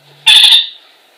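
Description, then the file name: Parakeet giving a single loud, rasping call lasting about a third of a second, then quiet hiss. "kakariki zvuki"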